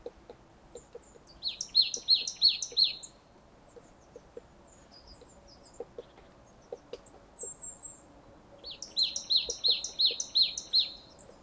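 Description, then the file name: Marsh tit giving two bursts of several sharp, downslurred high notes in quick succession, separated by a pause of several seconds, with soft faint ticks below. "Poecile palustris"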